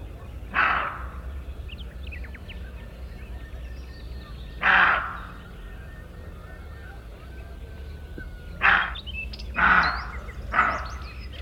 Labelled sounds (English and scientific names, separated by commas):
Ruddy Shelduck (Tadorna ferruginea) call